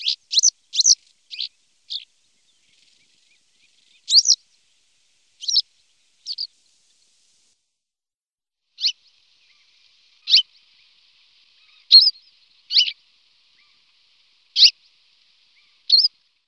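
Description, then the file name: Western yellow wagtail calls: short, sharp, high chirps given singly or in small clusters, separated by irregular pauses of silence. "lavandera boyera"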